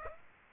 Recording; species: mosquito wingbeat signal from an infrared sensor; Aedes aegypti